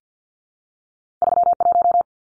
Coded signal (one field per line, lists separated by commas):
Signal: Morse code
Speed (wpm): 50 wpm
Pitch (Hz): 700 Hz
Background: none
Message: 31